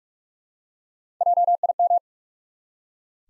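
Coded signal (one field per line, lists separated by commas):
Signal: Morse code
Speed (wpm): 46 wpm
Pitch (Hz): 700 Hz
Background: none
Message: JIM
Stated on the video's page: Head-copy drill of common US names up to four letters at 45 wpm, each sent in Morse, spoken, then sent again.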